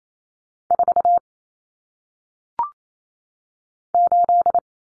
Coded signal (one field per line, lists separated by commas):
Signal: Morse code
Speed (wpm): 28 wpm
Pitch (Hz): 700 Hz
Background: none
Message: 4 8